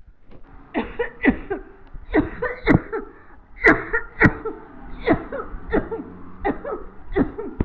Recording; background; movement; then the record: voluntary coughing; traffic; walking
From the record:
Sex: female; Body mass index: 21.8 kg/m2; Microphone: on the chest, facing the body